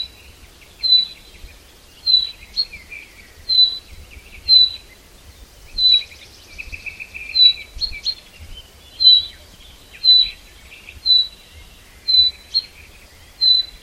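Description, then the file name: Common chaffinch repeating a crisp high note about once a second for the whole stretch, with a soft buzzy twitter midway. "Fringilla coelebs"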